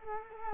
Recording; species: mosquito wingbeat signal from an infrared sensor; Culex quinquefasciatus